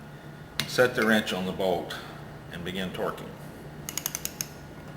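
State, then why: Torque reached. A click-type torque wrench set to 10 foot-pounds is placed on a bolt and pulled while someone talks. A short run of ticks begins at 3.9 s and ends in the loudest sharp click at 4.4 s, when the wrench breaks over at its setting.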